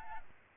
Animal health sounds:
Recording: mosquito wingbeat signal from an infrared sensor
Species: Aedes albopictus

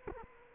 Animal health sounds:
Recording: mosquito wingbeat signal from an infrared sensor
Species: Culex quinquefasciatus

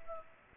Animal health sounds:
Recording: mosquito wingbeat signal from an infrared sensor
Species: Culex pipiens

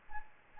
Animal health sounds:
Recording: mosquito wingbeat signal from an infrared sensor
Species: Anopheles arabiensis

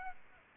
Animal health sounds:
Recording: mosquito wingbeat signal from an infrared sensor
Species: Aedes aegypti

